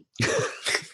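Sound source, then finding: Adult. Throat clearing.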